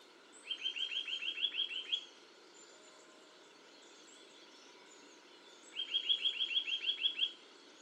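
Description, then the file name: Eurasian nuthatch giving quick runs of rising whistled notes, two bursts about four seconds apart, each lasting over a second, over a soft hiss of background noise. "Sitta europaea"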